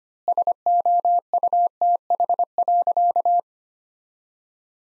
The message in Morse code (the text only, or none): SOUTH.